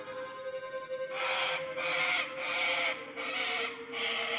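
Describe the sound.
Little Corella harsh screeches, five long grating bursts in close succession after a quiet start, with a steady low hum underneath.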